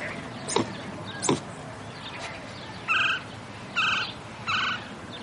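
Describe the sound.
White-nosed coati chirping: three short, harmonic, squealing notes come in a quick series at regular gaps, after two sharp clicks earlier.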